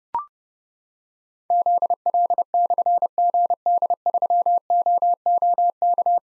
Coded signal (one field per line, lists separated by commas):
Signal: Morse code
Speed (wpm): 30 wpm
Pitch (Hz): 700 Hz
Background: none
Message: ZL/GD3OOK